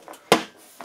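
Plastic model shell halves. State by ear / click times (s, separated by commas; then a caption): seated / 0.3 s. The glued plastic upper and lower hull halves of a 1/72 scale USS Scamp (SSN-588) submarine model kit are pressed together, with a faint tick near 0.1 s. At 0.3 s the alignment pegs find their spot and the halves pop into place with one loud, sharp snap that fades quickly, followed by another faint tick near 0.8 s. The hull halves are seated.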